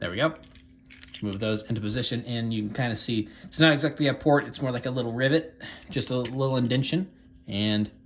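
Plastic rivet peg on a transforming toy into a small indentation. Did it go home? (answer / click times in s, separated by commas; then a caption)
no / none. A plastic part on a transforming toy is moved into position, guiding a small rivet-like peg toward a little indentation. Someone talks throughout, and faint handling sounds sit beneath the speech. The clip ends before the peg goes home, so nothing has seated or clicked yet.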